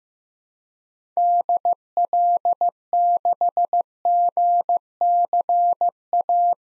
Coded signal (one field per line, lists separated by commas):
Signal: Morse code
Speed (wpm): 15 wpm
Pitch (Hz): 700 Hz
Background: none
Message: DL6GCA